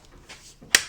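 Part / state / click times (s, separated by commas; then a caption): e-bike battery pack into frame mount / seated / 0.8 s. An e-bike battery pack, on a Concord e-bike sold by Walmart, is pushed into its frame mount, with faint rustling before it. At 0.8 s the key lock engages with a sharp, loud click, and the battery locks in place. The key serves only to remove the battery.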